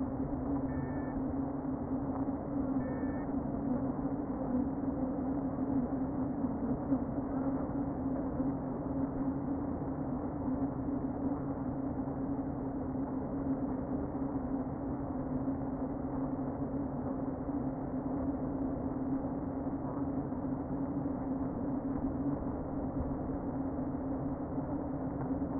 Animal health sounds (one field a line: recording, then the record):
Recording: honeybee colony, microphone inside the hive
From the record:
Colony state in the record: queen present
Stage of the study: before two queens were removed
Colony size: about 60,000 bees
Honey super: yes